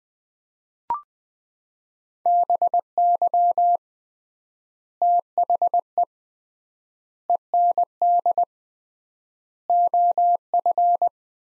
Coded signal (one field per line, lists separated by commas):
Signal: Morse code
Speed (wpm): 20 wpm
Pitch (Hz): 700 Hz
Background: none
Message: BY THE END OF